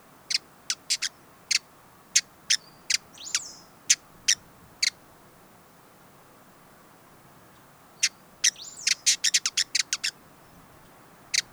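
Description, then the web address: Hooded visorbearer calling with crisp high ticks, spaced singly at first, then a quick cluster of chips after a pause. "Hooded visorbearer. صدای-پرنده-آفتابگیر-کلاهدار"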